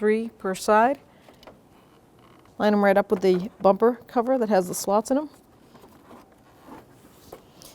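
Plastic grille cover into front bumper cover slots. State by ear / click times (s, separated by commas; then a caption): not seated / none. Someone talks while a plastic grille cover for a 2005-2021 Nissan Frontier is held and tilted so its six bottom tabs, three per side, line up with the slots in the front bumper cover. Only faint, small handling sounds come between and after the talking. The cover has not been pushed home, and nothing has seated or clicked yet.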